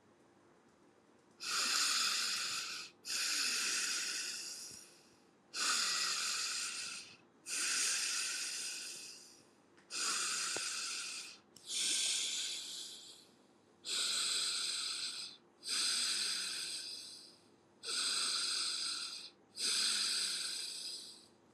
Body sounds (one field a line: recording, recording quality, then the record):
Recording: deep breathing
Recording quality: excellent, no background noise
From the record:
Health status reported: healthy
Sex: male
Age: 28 years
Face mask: not worn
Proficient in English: yes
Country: India